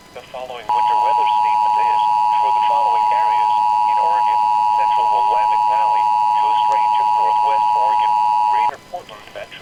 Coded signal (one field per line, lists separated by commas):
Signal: Emergency Alert System (SAME) tones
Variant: 853 and 960 Hz attention tone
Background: speech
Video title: NOAA Weather Radio - Winter/Ice/Blizzard Warnings Cancelled or Downgraded in Oregon